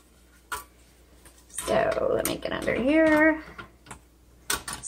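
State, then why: Seated. The hinged metal top cover of a 1961 Olympia SM7 manual typewriter is hooked over the nubs on each side of the body, then swung down and pressed until it snaps into place with a sharp click at 4.5 s. Someone talks during the clip, with a few lighter taps and knocks around it. The cover is seated.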